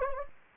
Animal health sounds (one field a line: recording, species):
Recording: mosquito wingbeat signal from an infrared sensor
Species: Anopheles gambiae